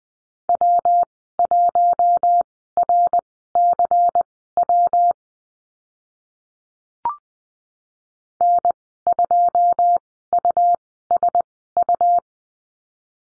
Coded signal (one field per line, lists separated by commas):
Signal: Morse code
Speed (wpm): 20 wpm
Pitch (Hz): 700 Hz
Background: none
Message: W1RCW N2USU